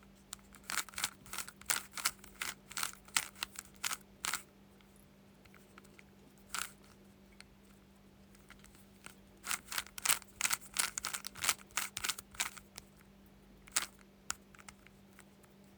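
A Rubik's cube is twisted in quick bursts of sharp plastic clicks. Rapid runs of turns fill the first four seconds and again from about nine to thirteen seconds, with single clicks between, over a steady low hum.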